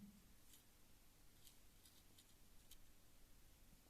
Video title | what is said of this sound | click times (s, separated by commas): Gravür Dremel Makinesi Karbon Kömür Değişim Mudi Ölçüm Değişim @TasarimYasam @NextPosts | elim havada olduğu için arkadaşlar tutturamadım bir türlü kusura bakmayın | none